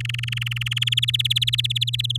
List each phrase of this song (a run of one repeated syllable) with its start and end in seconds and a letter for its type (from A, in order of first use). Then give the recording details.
0.00-0.94 A, 0.97-2.01 B, 2.04-2.17 C. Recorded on 10 May 2018 at 14:24. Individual llb16